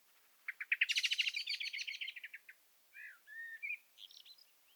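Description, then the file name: Common blackbird chattering: a fast run of sharp clicking notes, then a few soft whistled notes and thin high squeaks. "Turdus merula"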